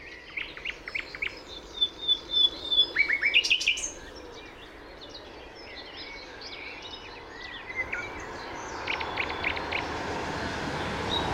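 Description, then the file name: Common nightingale with rapid repeated chips and a brief whistled trill, followed by quieter scattered calls as background hiss rises. "Luscinia megarhynchos"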